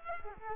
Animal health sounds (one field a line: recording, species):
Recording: mosquito wingbeat signal from an infrared sensor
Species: Culex quinquefasciatus